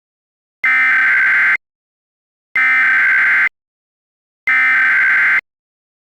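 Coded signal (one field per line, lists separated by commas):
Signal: Emergency Alert System (SAME) tones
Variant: header bursts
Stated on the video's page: Fictional EAS mock.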